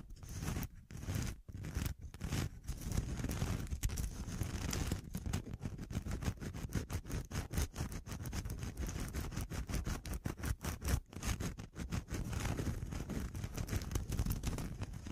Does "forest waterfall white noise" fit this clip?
no